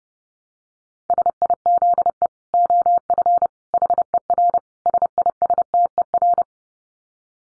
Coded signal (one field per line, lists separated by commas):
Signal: Morse code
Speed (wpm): 30 wpm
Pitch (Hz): 700 Hz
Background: none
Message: SIZE OF HER SISTER